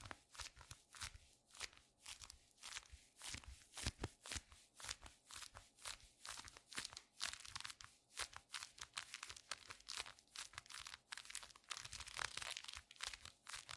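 A leather glove squeaks and crunches in dense, irregular bursts several times a second, bright crinkly rubbing continuing throughout the fourteen seconds.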